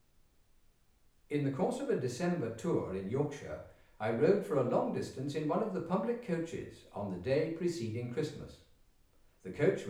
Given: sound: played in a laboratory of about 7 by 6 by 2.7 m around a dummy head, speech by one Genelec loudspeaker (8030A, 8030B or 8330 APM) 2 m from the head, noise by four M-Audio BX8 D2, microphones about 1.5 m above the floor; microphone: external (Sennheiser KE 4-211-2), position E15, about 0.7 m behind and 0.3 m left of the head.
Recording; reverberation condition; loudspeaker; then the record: male speech in English; medium; 30 degrees to the left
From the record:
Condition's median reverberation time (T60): about 510 ms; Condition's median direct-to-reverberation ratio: about -0.5 dB